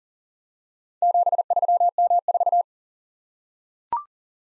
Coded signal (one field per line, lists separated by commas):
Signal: Morse code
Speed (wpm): 42 wpm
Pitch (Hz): 700 Hz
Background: none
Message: 73M4